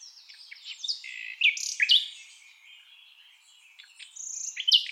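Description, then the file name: Common nightingale song: varied whistles and slurred buzzy notes, loud downward sweeps in the middle, a quiet gap, then renewed high notes. "Luscinia megarhynchos"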